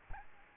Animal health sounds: mosquito wingbeat signal from an infrared sensor; Aedes albopictus

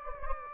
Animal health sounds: mosquito wingbeat signal from an infrared sensor; Anopheles gambiae

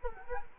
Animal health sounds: mosquito wingbeat signal from an infrared sensor; Culex quinquefasciatus

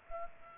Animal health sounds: mosquito wingbeat signal from an infrared sensor; Culex pipiens

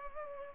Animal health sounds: mosquito wingbeat signal from an infrared sensor; Culex pipiens

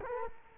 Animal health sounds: mosquito wingbeat signal from an infrared sensor; Culex quinquefasciatus

